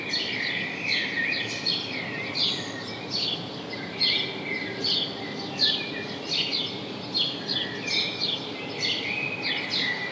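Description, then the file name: House sparrow chirping, repeated sharp notes in irregular bursts over continuous background noise. "Passer domesticus"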